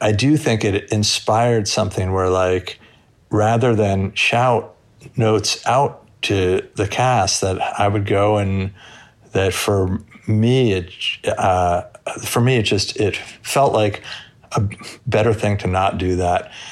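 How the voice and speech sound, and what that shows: A man speaks in a steady low voice, broken by held vowels and sounds of about half a second and by hesitant pauses before words, with one restarted phrase. These prolongations and blocks are adult stuttering, though fluent stretches make it mild here.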